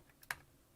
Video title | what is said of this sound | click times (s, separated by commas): How to build a PC step-by-step - Overkill $4000 🔴&⚫ theme PC build (RTX 3090 + Ryzen 5800x) | okay yep okay it clicked in now | 0.3 s